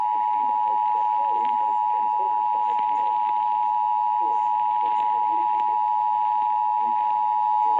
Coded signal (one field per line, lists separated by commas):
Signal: Emergency Alert System (SAME) tones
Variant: 853 and 960 Hz attention tone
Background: speech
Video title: Enhanced Chaos | EAS Alerts from 4/4/22 (EAS #107-153)